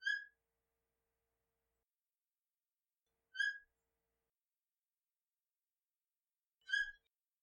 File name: Theloderma asperum